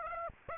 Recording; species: mosquito wingbeat signal from an infrared sensor; Aedes aegypti